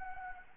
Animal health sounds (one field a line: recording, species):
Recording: mosquito wingbeat signal from an infrared sensor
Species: Anopheles arabiensis